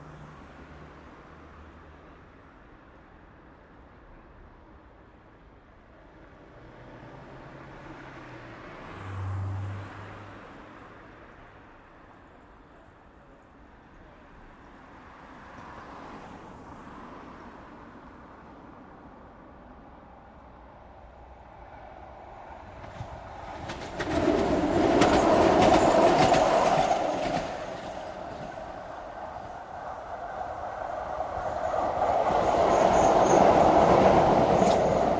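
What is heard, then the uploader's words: A low, steady rumble of distant traffic fills the first twenty seconds, with a couple of soft swells around 9 and 16 seconds. At about 24 seconds a tram rolls loudly past with a bright metallic rush, eases off, then a second tram builds toward the end. Trams001 : from Elsinore Road. The birds and wildlife cut through the distant rumble of traffic, become lost as the trams pass, reappearing with the calm that follows. I used two Schoeps MK4 capsules in an ORTF arrangement for this recording.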